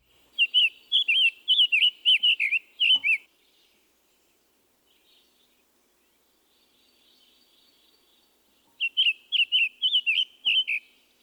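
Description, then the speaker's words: Summer tanager song: short bursts of rising and falling whistled phrases, a pause of several seconds, then another run of similar phrases. Song and call notes; the diagnostic call note is described as a rapid picky-tucky-tuck. "Here once more are the song and call notes of the summer tanager."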